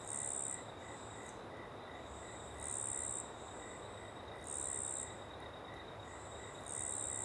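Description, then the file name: Cricket giving shrill, high trilled bursts about every two seconds, with softer chirps between them, over constant rushing water. Small open woodland ambience with a river in the background; cricket very prominent on the left channel. "Ambiente em Pequena Mata Aberta e Rio ao Fundo com Grilo bem Presente na Esquerda"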